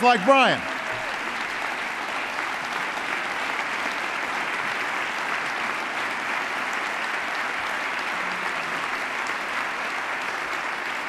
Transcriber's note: applause